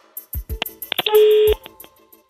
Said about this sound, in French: On va faire sonner le téléphone chez vous. C'est parti, on est en train de composer le numéro.